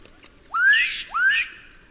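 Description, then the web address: Black-capped donacobius calls: two loud rising whistled notes, each sweeping upward and ending in a harsher burst, about half a second apart, over a steady high-pitched tone. Calls and duet; eastern lowlands of South America. "Natures Songs S America Eastern Lowlands Donacobius atricapilla, calls and duet"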